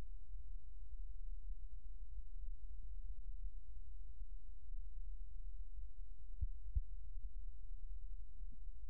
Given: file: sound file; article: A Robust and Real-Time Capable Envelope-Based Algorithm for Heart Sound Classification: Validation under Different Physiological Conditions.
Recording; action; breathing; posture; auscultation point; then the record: heart sounds by electronic stethoscope; rest; normal; sitting; left side of the back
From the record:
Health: healthy, no known heart disease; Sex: male